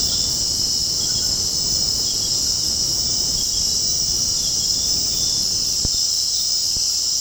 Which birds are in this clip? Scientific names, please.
none